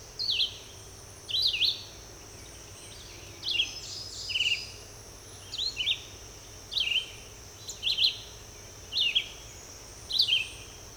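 Red-eyed vireo giving a steady run of short up-and-down whistled phrases, close to one per second, against a continuous high insect buzz.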